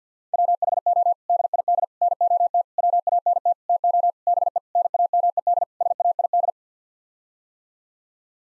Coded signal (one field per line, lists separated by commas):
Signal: Morse code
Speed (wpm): 50 wpm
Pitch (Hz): 700 Hz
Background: none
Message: WHO DID NOT WANT TO BE NAMED SAID